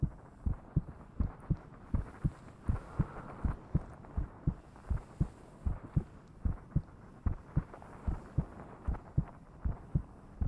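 Steady low lub-dub heartbeat, about 80 beats a minute, heard with the head pressed close against the chest, meant to help the listener relax.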